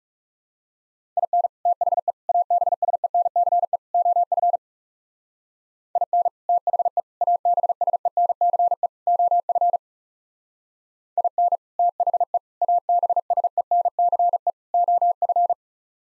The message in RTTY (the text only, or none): none